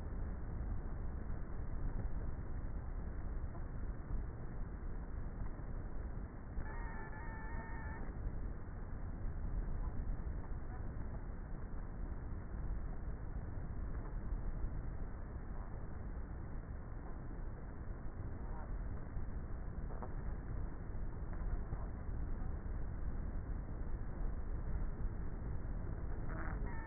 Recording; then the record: honeybee colony, microphone inside the hive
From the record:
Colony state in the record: queenless with a low population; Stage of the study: before two queens were removed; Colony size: about 30,000 bees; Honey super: no